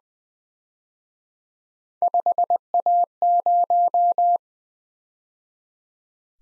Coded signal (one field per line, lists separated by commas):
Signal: Morse code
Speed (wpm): 24 wpm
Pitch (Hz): 700 Hz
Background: none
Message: 5A0